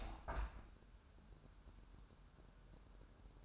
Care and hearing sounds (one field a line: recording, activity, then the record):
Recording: daily activity, microphone in the room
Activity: open window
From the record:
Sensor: 2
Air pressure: 1000.1 hPa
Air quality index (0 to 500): 242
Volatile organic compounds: 83 ppm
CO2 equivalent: 3631 ppm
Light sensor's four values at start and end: 8/20/8/8 and 9/21/8/9